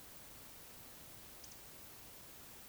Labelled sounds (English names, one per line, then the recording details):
Eurasian Woodcock whistle
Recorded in Baden-Württemberg, Germany, on 11 June 2021 at 20:30 UTC
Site 24606, 635 m above sea level